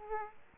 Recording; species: mosquito wingbeat signal from an infrared sensor; Aedes aegypti